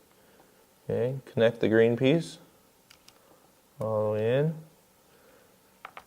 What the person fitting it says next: Okay. Pops into place.